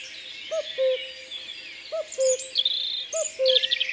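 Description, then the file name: Common cuckoo repeating its mellow falling two-note call three times, while small birds chirp and trill loudly alongside. Recorded in the Drôme, France. "Coucou gris Concerts Naturels de la Drome Studio les Trois Becs"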